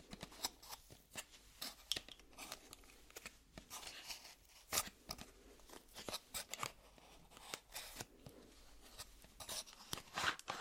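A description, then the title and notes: Makeup-application sounds with no talking: a steady run of crisp, bright clicks, taps and snips, coming irregularly every fraction of a second across the whole clip. Between them are soft brushing and rubbing noises, with a sharper snap near the five-second mark. ASMR Doing Your Makeup , Pure Sounds , No Talking.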